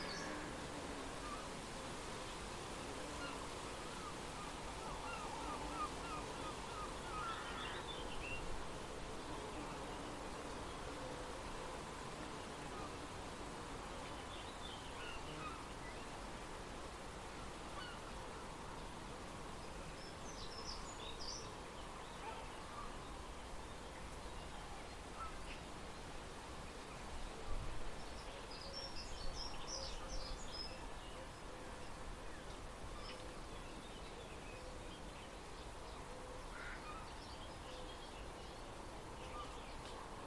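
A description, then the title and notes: Steady rustling outdoor hiss fills the scene while scattered high bird chirps and calls break through, notably around twenty and thirty seconds. I made the recordings on a walk from home on Udimore Road to the Rye Harbour Nature Reserve a few days ago. Recordings made around Rye. Mostly just the wildlife.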